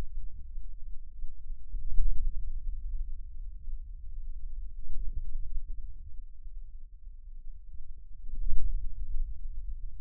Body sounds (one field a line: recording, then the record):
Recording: forearm muscle sounds (acoustic myography)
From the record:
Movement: radial deviation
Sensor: system 2, bracelet of six BSWA MPA416 microphones around the upper forearm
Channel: 1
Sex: male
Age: 22 years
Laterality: right